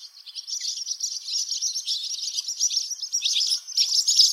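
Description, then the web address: Barn swallow twittering song, a fast unbroken stream of thin chirps and warbled notes. In Lower Saxony, Germany. "niedersachsen rauchschwalbe"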